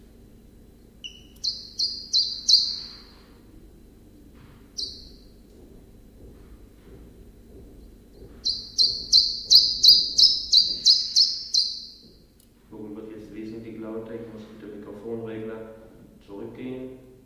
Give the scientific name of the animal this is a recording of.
Phylloscopus collybita